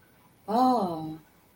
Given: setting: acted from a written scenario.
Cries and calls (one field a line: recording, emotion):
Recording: vocal sound without words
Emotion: interest